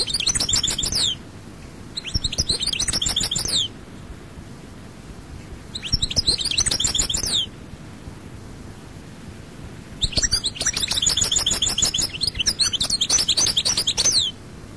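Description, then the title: European goldfinch song in several bursts of rapid, tinkling high twitters and trills, separated by pauses. "Chant Chardonneret"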